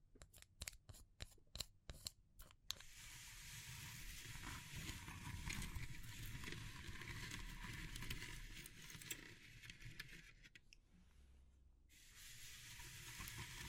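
Natural trigger sounds from wood, bamboo and straw. The first few seconds bring a fast run of short, sharp taps or snips, then a continuous dense scratchy rustling takes over, briefly thinning and dropping lower in tone near the eleventh second before resuming.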